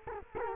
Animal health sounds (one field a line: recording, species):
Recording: mosquito wingbeat signal from an infrared sensor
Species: Culex quinquefasciatus